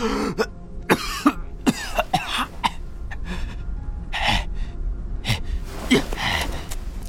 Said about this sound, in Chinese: 严老头说到激动处，剧烈的咳嗽着，咳得一对眼珠子翻白